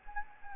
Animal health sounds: mosquito wingbeat signal from an infrared sensor; Anopheles gambiae

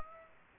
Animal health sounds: mosquito wingbeat signal from an infrared sensor; Aedes aegypti

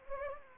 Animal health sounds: mosquito wingbeat signal from an infrared sensor; Anopheles gambiae

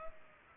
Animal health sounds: mosquito wingbeat signal from an infrared sensor; Culex pipiens

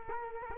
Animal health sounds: mosquito wingbeat signal from an infrared sensor; Culex quinquefasciatus

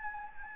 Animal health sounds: mosquito wingbeat signal from an infrared sensor; Anopheles gambiae

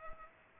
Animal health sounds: mosquito wingbeat signal from an infrared sensor; Culex pipiens

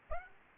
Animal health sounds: mosquito wingbeat signal from an infrared sensor; Aedes aegypti

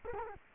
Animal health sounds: mosquito wingbeat signal from an infrared sensor; Culex quinquefasciatus

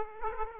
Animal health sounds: mosquito wingbeat signal from an infrared sensor; Aedes aegypti

